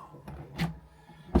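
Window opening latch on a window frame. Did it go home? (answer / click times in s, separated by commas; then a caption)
yes / 1.3 s. A window on its frame swings outward after its center button is pushed in and its handle rotated, with a faint tap at 0.3 s and a broader rushing swing sound around 0.6 s. The latch or stay clicks into the open position with a sharp click at 1.4 s, and the window is held there.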